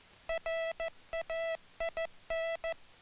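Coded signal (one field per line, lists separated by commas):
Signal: Morse code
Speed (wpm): 14 wpm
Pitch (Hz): 660 Hz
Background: none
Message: RAIN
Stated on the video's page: Army Signal Corps training film on rhythmic hand sending of International Morse with a hand key.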